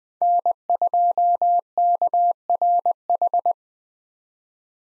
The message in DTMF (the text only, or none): none